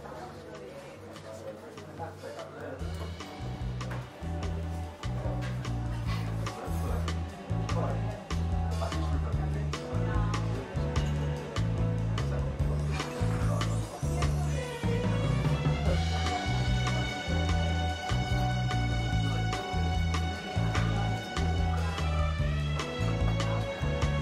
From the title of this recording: Seaside Cafe Ambience - Coffee Shop Sounds, Ocean Sounds